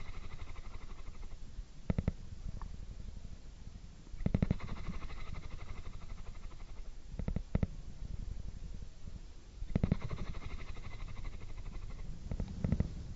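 A cat purrs with a low, continuous rumble that flutters in fast, even pulses. The purr swells louder and a little brighter roughly every two to three seconds, near 2, 4, 7, 10 and 13 seconds, then settles back to a steady murmur.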